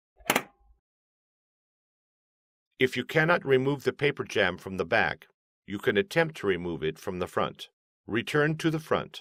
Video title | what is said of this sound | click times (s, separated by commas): Fixing a Paper Jam HP Officejet Pro 8600 e All in One Printer HP | the duplexer to do this gently push the duplexer into the back of the printer until it snaps into place | 0.3 s